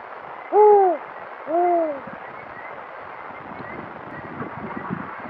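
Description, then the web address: Spotted eagle-owl hooting: two low, arched hoots about a second apart, the first louder, then only a steady background hiss. "vozes de passaros coruja africana bubo africanus"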